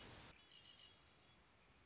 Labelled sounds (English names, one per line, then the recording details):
Red-winged Blackbird
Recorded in Sonoma County, California